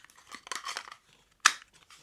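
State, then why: Seated. A Tenable Knives Tiny Dancer fixed-blade knife is pushed into its molded Kydex sheath, with scraping and rustling bursts between about 0.3 and 0.9 s. It ends in a sharp snap at 1.5 s as the retention catches and the knife seats.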